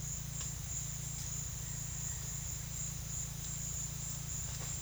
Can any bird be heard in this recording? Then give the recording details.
no. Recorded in secondary vegetation near Puerto Asís, Putumayo, Colombia, on 23 June 2025 at 12:00. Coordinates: 0.498, -76.327. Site GP09